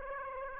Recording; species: mosquito wingbeat signal from an infrared sensor; Aedes aegypti